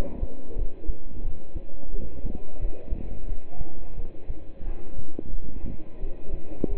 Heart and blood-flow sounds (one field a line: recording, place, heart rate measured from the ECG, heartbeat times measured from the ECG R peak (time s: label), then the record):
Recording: heart sounds by stethoscope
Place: between the tricuspid and mitral areas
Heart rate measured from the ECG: 88 bpm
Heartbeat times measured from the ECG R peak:
0.58 s: heartbeat
1.24 s: heartbeat
1.93 s: heartbeat
2.61 s: heartbeat
3.28 s: heartbeat
3.98 s: heartbeat
4.66 s: heartbeat
5.32 s: heartbeat
6.02 s: heartbeat
6.70 s: heartbeat
From the record:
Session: pedaling a stationary bicycle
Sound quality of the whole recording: partially saturated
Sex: male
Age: 27 years